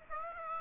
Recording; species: mosquito wingbeat signal from an infrared sensor; Aedes aegypti